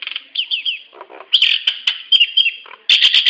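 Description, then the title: Nias hill myna calls: a run of loud, falling whistled notes, then harsh buzzy bursts and sharp chattering notes. The sequence ends in a loud rasping outburst. "Burung jalak nias"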